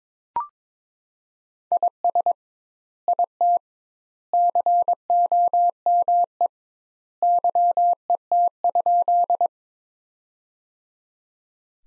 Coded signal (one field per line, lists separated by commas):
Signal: Morse code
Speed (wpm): 22 wpm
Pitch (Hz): 700 Hz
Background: none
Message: IS IT COME YET?